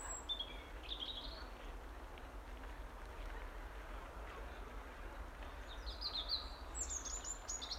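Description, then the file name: European robin sings short high warbled phrases at the start and again near the end, separated by a quiet gap, over low rumble. "Erithacus rubecula"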